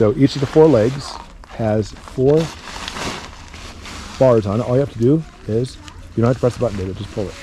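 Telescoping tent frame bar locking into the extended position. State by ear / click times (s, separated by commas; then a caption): not seated / none. Someone talks while a bar on the leg of a telescoping tent frame is handled, pulled out toward its extended position where a spring button latches it. Brief handling noises are heard under the talk, but nothing has seated or clicked yet when the clip ends.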